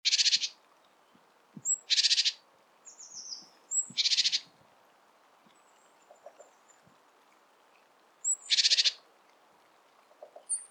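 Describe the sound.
Great tit harsh churring rattles, four loud bursts spaced a few seconds apart, with a few thin high notes between them.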